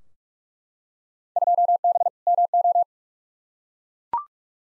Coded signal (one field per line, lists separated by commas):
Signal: Morse code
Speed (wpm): 44 wpm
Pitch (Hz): 700 Hz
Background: none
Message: 2B MO